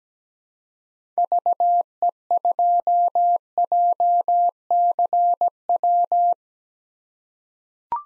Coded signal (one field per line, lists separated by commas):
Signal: Morse code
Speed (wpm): 17 wpm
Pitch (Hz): 700 Hz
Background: none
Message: VE2JCW